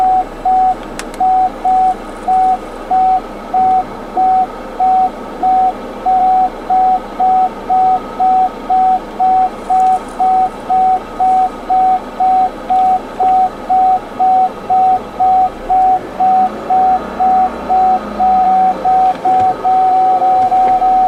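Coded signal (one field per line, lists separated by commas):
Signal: none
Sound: car reversing sensor beeps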